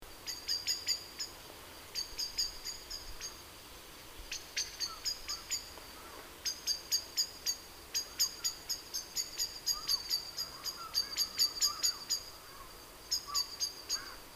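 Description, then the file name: Common blackbird giving high, thin, rapid ticking notes in repeated bursts throughout, over a hissy background. "Turdus merula"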